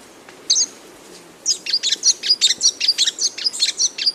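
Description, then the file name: Magpie tanager song: one isolated chirp, then a steady series of quick, high notes. "canto da tietinga"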